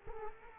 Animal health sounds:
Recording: mosquito wingbeat signal from an infrared sensor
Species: Culex quinquefasciatus

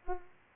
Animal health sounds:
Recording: mosquito wingbeat signal from an infrared sensor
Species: Culex pipiens

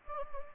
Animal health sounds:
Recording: mosquito wingbeat signal from an infrared sensor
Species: Anopheles gambiae

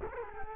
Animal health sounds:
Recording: mosquito wingbeat signal from an infrared sensor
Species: Culex quinquefasciatus

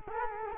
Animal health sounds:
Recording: mosquito wingbeat signal from an infrared sensor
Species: Culex quinquefasciatus

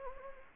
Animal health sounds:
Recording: mosquito wingbeat signal from an infrared sensor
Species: Anopheles gambiae

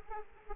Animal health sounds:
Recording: mosquito wingbeat signal from an infrared sensor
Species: Aedes aegypti

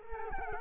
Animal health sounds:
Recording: mosquito wingbeat signal from an infrared sensor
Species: Culex quinquefasciatus

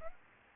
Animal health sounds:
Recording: mosquito wingbeat signal from an infrared sensor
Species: Aedes aegypti

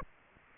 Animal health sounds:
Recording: mosquito wingbeat signal from an infrared sensor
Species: Aedes aegypti

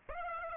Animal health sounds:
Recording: mosquito wingbeat signal from an infrared sensor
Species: Aedes aegypti

